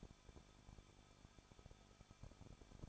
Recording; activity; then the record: daily activity, microphone in the room; no activity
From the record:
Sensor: 5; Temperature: 20.8 degrees Celsius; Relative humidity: 38.6%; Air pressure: 1006.5 hPa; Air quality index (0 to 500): 192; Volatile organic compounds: 21 ppm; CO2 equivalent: 2714 ppm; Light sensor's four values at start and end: 2/3/1/1 and 2/3/1/1